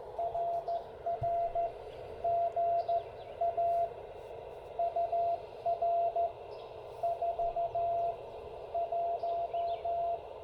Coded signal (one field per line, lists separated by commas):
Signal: Morse code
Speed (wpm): 18 wpm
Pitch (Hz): 690 Hz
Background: radio noise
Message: RR GA UR 41